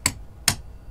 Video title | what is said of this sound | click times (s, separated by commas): Ultra Hardware 44609 Old Time Mortise Lock - Skeleton Key Operated | You can hear that something popped. | 0.1 s, 0.5 s